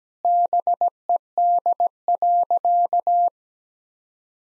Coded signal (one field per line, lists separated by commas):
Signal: Morse code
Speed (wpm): 17 wpm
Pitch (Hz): 700 Hz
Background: none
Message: BED.